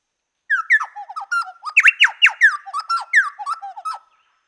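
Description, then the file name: Chowchilla song: about three and a half seconds of rich, rapidly alternating whistled slurs and sharper notes, a lively chattering phrase. "Orthonyx Spaldingii"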